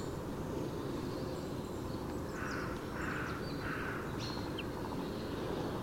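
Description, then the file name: Carrion crow giving three harsh, hoarse caws about half a second apart, heard through steady low rumbling background noise with a few faint high bird notes. "Corvus corone"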